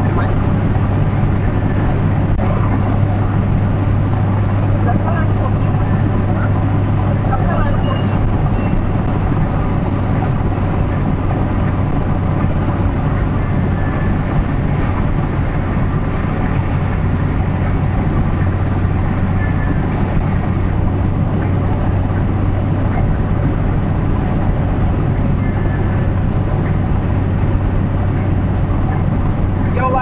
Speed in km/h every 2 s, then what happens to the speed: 115, 115, 116, 115, 113, 109, 108, 106, 104, 105, 108, 110, 110, 110, 107.
0-7 steady at about 115. 7-16 slows to 104. 16-22 speeds up to 110. 22-30 steady at about 110.